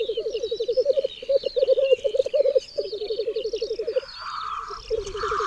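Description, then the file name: Black grouse giving a low, dovelike bubbling coo in rapid pulsed phrases, with small birds twittering in the background. "Cietrzew"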